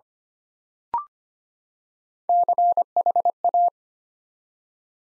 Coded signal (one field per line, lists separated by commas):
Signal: Morse code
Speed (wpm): 25 wpm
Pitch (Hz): 700 Hz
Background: none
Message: CHA